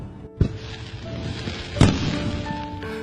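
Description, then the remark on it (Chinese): Two sharp bursts of magic-shot fireworks set off at Spring Festival, the second stronger, each followed by a lingering rumble and hiss, with a faint steady tone running underneath. “结婚之后呢，我们每年春节还是会放魔术弹的烟花。”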